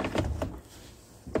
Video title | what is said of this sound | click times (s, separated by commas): Jeep TJ Wrangler Heater Controls Replacement | Make sure it clicks in, and | 1.4 s